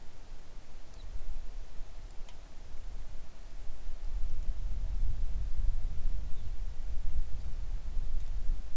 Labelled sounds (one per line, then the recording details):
songbird
wind
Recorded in the Arctic National Wildlife Refuge, Alaska, on 3 August 2019 at 10:32
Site 41